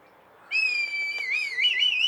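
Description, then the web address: Red kite giving a loud, clear whistle that holds steady, then wavers up and down toward the end; quiet background before the call begins. "sound Red-kite. صدای-پرنده-کورکور-حنایی"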